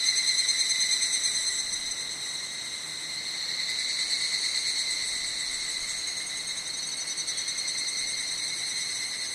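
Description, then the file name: Evening cicada calling: a steady, ringing, high-pitched tone with a fast pulsing flutter, slightly louder at the start and fading a little over several seconds. "higurashi"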